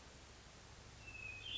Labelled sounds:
Hermit Thrush

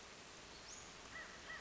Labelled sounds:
American Crow

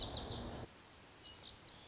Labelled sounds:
Lazuli Bunting

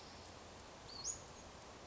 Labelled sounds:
Western Flycatcher

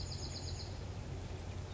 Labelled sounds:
Chestnut-backed Chickadee

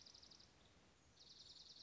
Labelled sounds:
Dark-eyed Junco

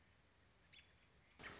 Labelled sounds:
American Robin

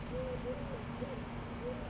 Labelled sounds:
Eurasian Collared Dove

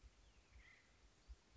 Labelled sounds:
Acorn Woodpecker

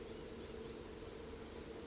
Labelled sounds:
Blue-gray Gnatcatcher

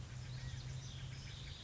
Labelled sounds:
California Quail

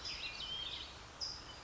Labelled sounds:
California Towhee

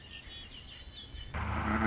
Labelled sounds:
Red-winged Blackbird

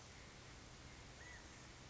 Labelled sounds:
California Quail

